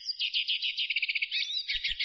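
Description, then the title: Bird song: a short burst of rapid high twittering, a quick trilled run and a slurred note, ending with a few low bumps. "LuckyPassaros CompletosSama"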